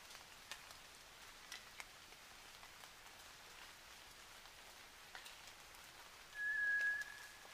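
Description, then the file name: White's thrush giving a single thin, level whistled note near the end, over a steady hiss and scattered dripping clicks. Recorded at night, 29 June 2009, 23:14. "toratugumi 20090629-2314"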